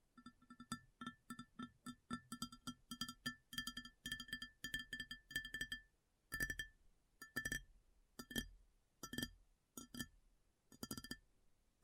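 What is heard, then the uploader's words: ASMR tapping, with quick, regular taps in dense bursts for the first six seconds, each with a ringing, bright glassy tone over a low knock. After that the taps slow into separate, louder groups roughly once a second, with short pauses between them. ASMR Addictive Tapping. (No Talking).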